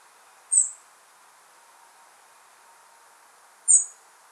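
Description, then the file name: European robin giving two thin, very high, sharp call notes about three seconds apart, over a faint steady background hiss. "Erithacus rubecula"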